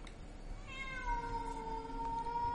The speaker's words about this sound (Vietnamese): Mụ hai nghe tiếng của con mèo kêu thì giật mình ngồi dậy.